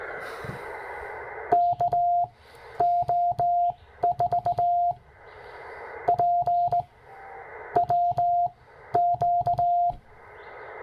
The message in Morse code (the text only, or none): KO4PWQ